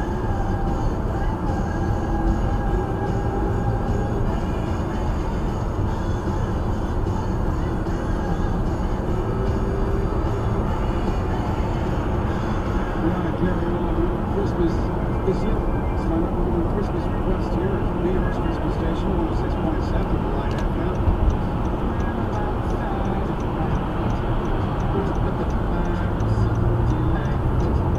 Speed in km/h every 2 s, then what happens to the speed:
69, 69, 69, 69, 68, 68, 68, 69, 69, 71, 71, 69, 66, 68.
0-25 steady at about 69.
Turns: none.